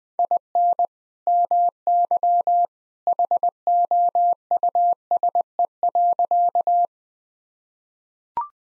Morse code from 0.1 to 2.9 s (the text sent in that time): IN MY